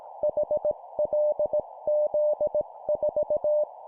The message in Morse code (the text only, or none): HLZ4